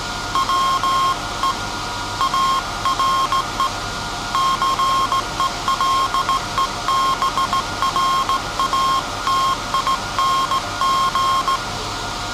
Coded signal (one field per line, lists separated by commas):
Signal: Morse code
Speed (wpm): 16 wpm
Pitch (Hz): 1070 Hz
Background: none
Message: WE ARE CELEBRATING